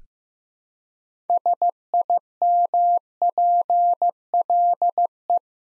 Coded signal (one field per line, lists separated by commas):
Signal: Morse code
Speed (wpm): 15 wpm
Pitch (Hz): 700 Hz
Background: none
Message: SIMPLE